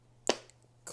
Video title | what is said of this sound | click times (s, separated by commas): Kickstarter Unboxing - Elderwood Academy Dungeon Journal | Clicks in place nice and secure | 0.3 s